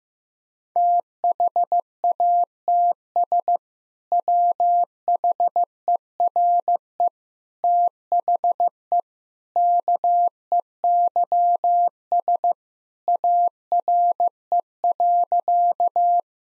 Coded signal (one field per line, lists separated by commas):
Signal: Morse code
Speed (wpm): 15 wpm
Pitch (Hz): 700 Hz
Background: none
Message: THATS WHERE THE KEYS ARE.